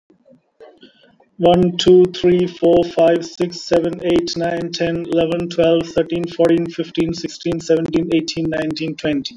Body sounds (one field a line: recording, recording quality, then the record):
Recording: counting at a normal pace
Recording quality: excellent, no background noise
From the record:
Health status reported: COVID-19 positive, mild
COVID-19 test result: positive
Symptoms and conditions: fatigue, loss of smell and taste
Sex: male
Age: 35 years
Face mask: worn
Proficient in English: yes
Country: India